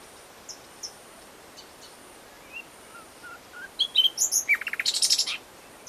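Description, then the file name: Common nightingale song: soft scattered notes, then a loud, fast phrase of rapid repeated high chips near the end. "Luscinia megarhynchos"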